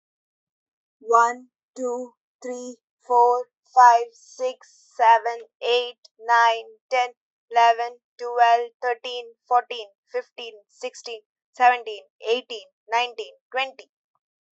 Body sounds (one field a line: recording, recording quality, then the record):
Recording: counting at a normal pace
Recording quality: excellent, no background noise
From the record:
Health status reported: healthy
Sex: female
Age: 20 years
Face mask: not worn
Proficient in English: yes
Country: India